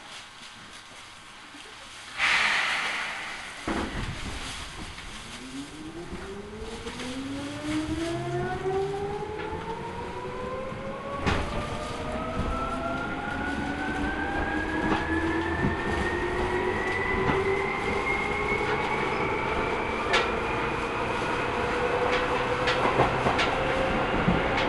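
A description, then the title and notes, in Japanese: Onboard a train as it pulls away: after a brief hiss near two seconds, the motor's whine rises steadily in pitch, with occasional rail clicks. 耳で楽しむ鉄道旅 西武鉄道 本川越→東村山→小川→萩山→青梅街道。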